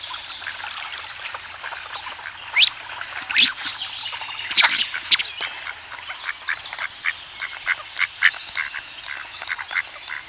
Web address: mandarin duck